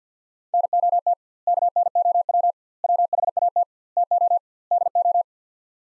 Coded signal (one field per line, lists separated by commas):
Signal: Morse code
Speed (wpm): 50 wpm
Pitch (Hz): 700 Hz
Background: none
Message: NOT KNOW WHAT TO DO